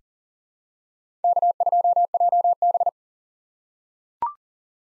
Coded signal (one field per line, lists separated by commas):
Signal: Morse code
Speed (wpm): 39 wpm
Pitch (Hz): 700 Hz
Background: none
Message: K2JB